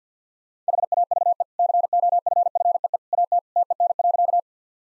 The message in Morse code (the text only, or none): HAVE COFFEE AT TEN.